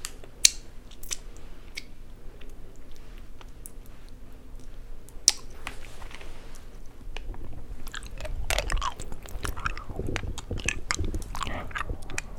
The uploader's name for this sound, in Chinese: 吃播 , 糖果 , 氣泡水